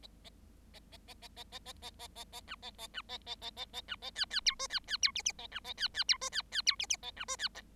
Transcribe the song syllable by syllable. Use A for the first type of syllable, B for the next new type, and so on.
A A A A A A A A A A A B A A B A A A A A B A C C D E C C D F F A B A C C D E C C D F F A B E C